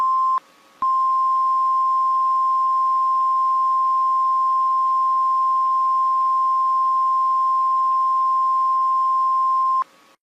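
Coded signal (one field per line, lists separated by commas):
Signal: Emergency Alert System (SAME) tones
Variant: 1050 Hz attention tone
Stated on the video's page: Compilation of EAS alarms from every country.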